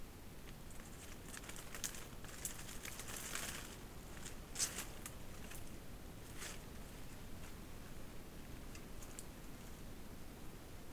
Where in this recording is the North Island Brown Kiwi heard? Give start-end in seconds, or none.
none